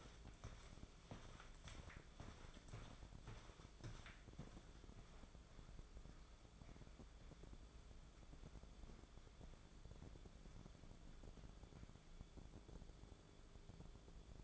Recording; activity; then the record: daily activity, microphone in the room; walk to room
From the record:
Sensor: 5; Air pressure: 1010.5 hPa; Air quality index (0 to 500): 110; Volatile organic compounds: 2 ppm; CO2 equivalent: 1084 ppm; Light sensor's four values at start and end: 1153/2728/1177/1435 and 507/1318/542/630